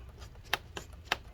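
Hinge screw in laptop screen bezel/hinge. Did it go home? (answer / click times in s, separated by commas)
released / 1.1 s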